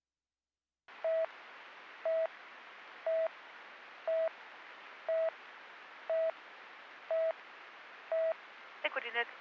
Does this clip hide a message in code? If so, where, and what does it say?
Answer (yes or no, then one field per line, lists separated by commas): no